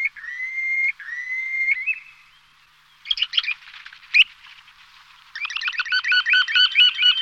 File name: jespák-mořský